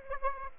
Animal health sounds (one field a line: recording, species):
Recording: mosquito wingbeat signal from an infrared sensor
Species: Aedes aegypti